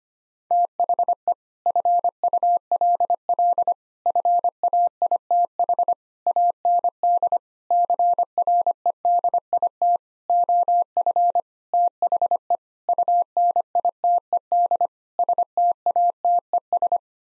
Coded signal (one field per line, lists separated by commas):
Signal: Morse code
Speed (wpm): 25 wpm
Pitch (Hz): 700 Hz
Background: none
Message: THE FULL FAITH AND CREDIT OF THE UNITED STATES